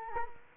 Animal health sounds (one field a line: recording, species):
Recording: mosquito wingbeat signal from an infrared sensor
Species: Culex quinquefasciatus